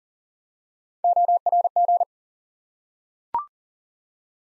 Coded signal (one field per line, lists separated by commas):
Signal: Morse code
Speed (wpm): 42 wpm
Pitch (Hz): 700 Hz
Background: none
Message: ORG